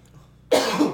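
A single sharp, loud cough from an adult man bursts out after a moment of near silence in a quiet room.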